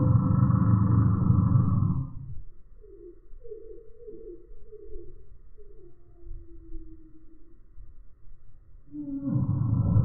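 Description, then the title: Eurasian bullfinch threat call, a deep harsh roar, then a run of soft hollow tonal notes, then another roar begins. Male threatening at a feeding station while perched on the recordist's hand held out a window; other birds wait until bullfinches leave; smartphone, 8x slow motion. "Gimpel channelt seinen inneren Tyrannosaurus Rex (8-fache Zeitlupe)"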